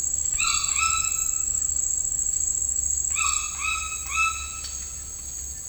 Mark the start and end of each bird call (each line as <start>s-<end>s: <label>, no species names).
0.26s-1.69s: bird call
3.08s-4.64s: bird call